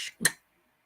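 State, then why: Released. An opener is levered up under a metal crown cap on a glass beer bottle until the cap pops off with a sharp pop and click at 0.3 seconds. A brief hiss precedes it, and silence follows, and the bottle is open.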